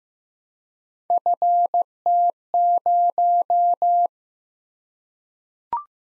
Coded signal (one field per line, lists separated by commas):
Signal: Morse code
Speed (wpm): 15 wpm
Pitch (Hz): 700 Hz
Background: none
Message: FT0